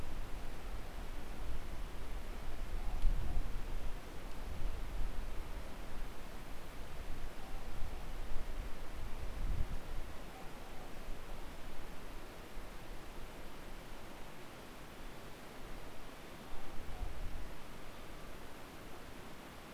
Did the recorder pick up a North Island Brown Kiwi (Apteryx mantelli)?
no